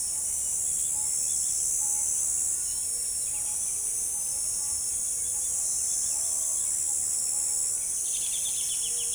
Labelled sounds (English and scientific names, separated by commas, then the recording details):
Straight-billed Woodcreeper (Dendroplex picus)
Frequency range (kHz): Straight-billed Woodcreeper (Dendroplex picus) 2.1-4.9 kHz
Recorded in forest near Pivijay, Magdalena, Colombia, on 6 June 2023 at 05:30
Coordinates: 10.467, -74.380
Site Z5-G034